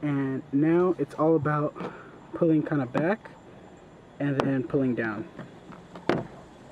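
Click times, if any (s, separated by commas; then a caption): 5.7 s, 6.0 s, 6.1 s. Someone talks while pulling the rear reverse light housing of a Veloster N back and then down, and it pops free of the rear bumper. Sharp clicks sound at 5.7, 6.0 and 6.1 s as the housing releases without anything breaking.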